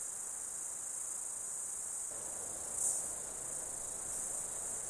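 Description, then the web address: Insect chorus, a continuous high hissing drone holding steady throughout, with one short louder swell midway. Insect ambience in an Australian summer, outdoors. "Foundation 1 AMBIENCE AUSTRALIAN SUMMER INSECTS"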